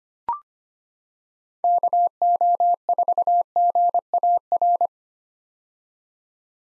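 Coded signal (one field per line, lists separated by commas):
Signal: Morse code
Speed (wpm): 25 wpm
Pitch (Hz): 700 Hz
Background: none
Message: KO4GAR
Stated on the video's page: Morse head-copy drill of common POTA hunter call signs at 25 wpm, each sent, then spoken, then sent again.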